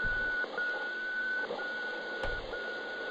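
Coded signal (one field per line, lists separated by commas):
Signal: radiosonde or satellite telemetry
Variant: cardiac heartbeat telemetry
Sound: steady mid-pitched tone briefly cutting out about once a second, three dropouts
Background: radio static hiss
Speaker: voici comment des moniteurs cardiaquees de l'époque était transmis par radio voilà donc un vrai enregistrement audio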